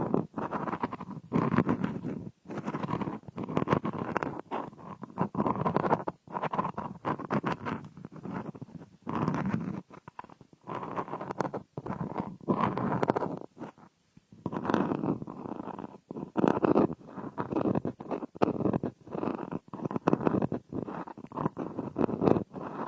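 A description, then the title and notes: Ear picking with a bath ball makes dense, rumbling, muffled scraping in uneven bursts, broken by brief silences every second or two. Frosted Bath Ball Ear Picking Experience.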